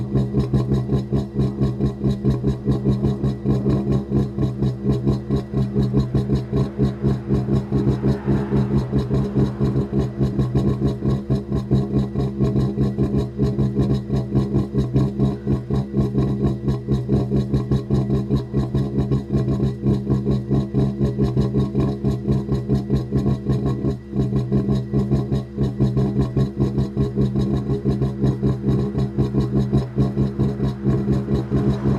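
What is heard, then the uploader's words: Heating pipes give off a steady, low mechanical hum that holds unchanged for the whole recording, with a fast, regular pulsing running through it like an idling engine. A faint hiss rises briefly around eight seconds, and the level never shifts. Heating pipes, Manhattan, New York, USA. This is the sound of some sort of building heating system that I encountered on a walk on Riverside Drive by Grant’s Tomb in Manhattan.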